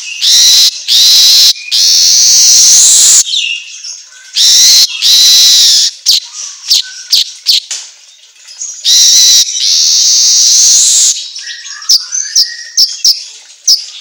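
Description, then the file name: Asian golden weaver song, long harsh hissing buzzes interspersed with clicks and soft low chirps. Song recording meant for training songbirds to sing constantly ('auto gacor'). "Suara Kicau Manyar Kepala Emas Auto Gacor"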